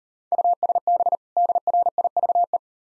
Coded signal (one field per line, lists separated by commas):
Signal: Morse code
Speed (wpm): 37 wpm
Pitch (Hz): 700 Hz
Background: none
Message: USB DRIVE